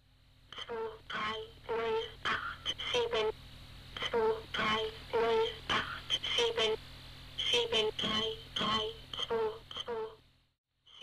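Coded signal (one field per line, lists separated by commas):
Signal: numbers station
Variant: G02 Swedish Rhapsody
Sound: a high, child-like voice reads short words at a steady, even pace over hum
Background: low steady hum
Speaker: the Swedish Rhapsody gained its name due to it playing Swedish Rhapsody number one by Hugo alfen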